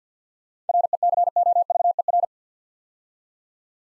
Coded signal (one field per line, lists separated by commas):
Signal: Morse code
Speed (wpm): 52 wpm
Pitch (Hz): 700 Hz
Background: none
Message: RECOVER